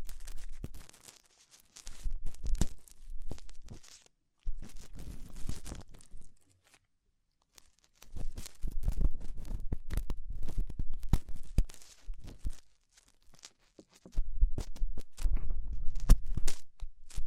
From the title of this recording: Extremely Tingly Ear Exploration